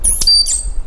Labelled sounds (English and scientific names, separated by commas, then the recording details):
Stitchbird (Notiomystis cincta) song
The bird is a male
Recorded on Tiritiri Matangi Island, New Zealand, in 2005
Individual 1, of nest box 1